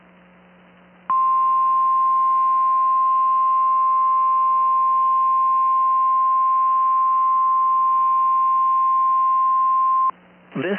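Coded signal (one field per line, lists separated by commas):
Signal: Emergency Alert System (SAME) tones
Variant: 1050 Hz attention tone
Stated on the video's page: NOAA Weather Radio required weekly tests received on a WR120 weather radio receiver that activates late.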